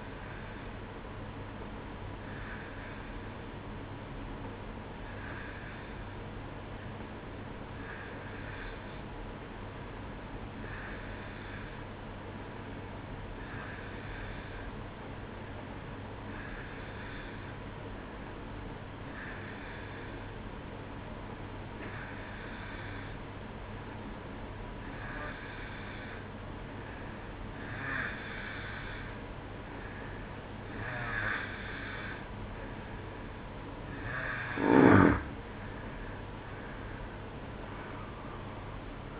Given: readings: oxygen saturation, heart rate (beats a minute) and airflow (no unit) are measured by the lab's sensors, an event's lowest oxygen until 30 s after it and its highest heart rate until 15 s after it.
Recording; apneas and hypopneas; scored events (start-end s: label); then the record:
breathing in sleep by a voice recorder at the bedside; none
none scored
From the record:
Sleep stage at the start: N2 (light sleep); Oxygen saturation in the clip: 89 to 92%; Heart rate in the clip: 62 to 70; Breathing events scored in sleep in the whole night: 305 in 9.6 hours asleep